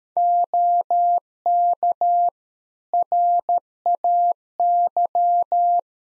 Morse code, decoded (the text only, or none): OK RAY